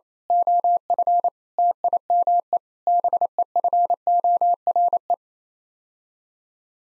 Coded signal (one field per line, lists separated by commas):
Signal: Morse code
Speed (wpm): 28 wpm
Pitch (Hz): 700 Hz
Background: none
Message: OF TIME BEFORE